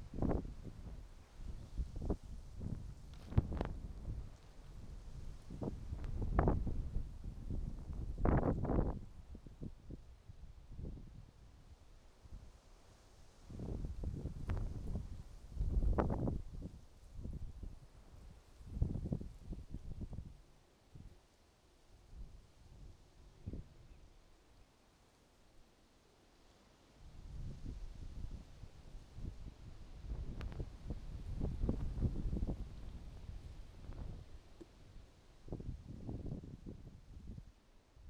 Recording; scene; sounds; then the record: everyday scene through a hearing-aid microphone; wind on the microphone; wind, traffic, birds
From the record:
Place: suburban garden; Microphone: in the ear canal, right